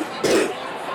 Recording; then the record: coughing mixed with background sound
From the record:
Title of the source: 60 coughing still (deep and wet cough)